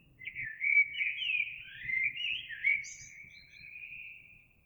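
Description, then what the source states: Eurasian blackbird singing a long, mellow, wandering phrase with a brief high squeak in the middle, over a faint low rumble. Recorded 26 April 2022.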